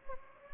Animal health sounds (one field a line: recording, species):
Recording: mosquito wingbeat signal from an infrared sensor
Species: Anopheles gambiae